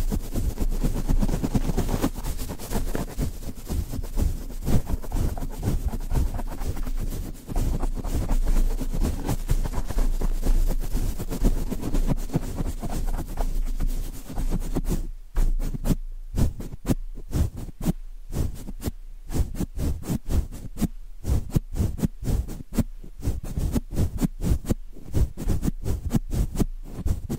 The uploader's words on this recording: ASMR Rhythmic Mic Brushing (No Talking).